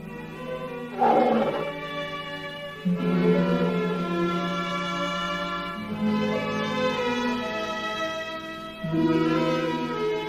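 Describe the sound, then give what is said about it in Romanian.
Rajah, a circus tiger at the Struțchi circus, gives a series of long, low, drawn-out roars at night, about four rumbling swells in a row, each starting loud and slowly fading, with no talking over them. “Tigrul Rajah a urlat sinistru noapte, marcând plecarea lui Fram de la circul Struțchi.”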